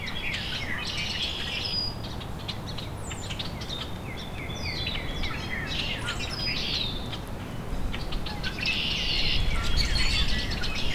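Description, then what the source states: Rusty Blackbird song: thin, very high squeaky notes and creaky whistles, given in scattered bursts over steady low background noise. Male singing a very high-pitched song from dogwood, about 30 minutes after its last songs.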